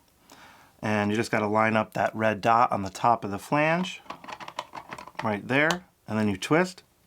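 A lens mount adapter is lined up by the red dot on the top of a mirrorless camera body's flange and twisted toward its bayonet lock while someone talks. Short, light handling ticks come between 4.2 and 5.1 seconds, but the clip ends before the adapter locks, and nothing has seated or clicked yet.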